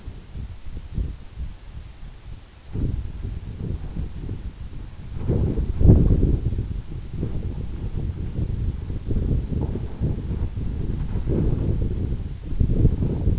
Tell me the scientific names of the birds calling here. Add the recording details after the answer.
none. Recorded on Arctic tundra, site EABA-1, on 26 June 2018. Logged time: 00:00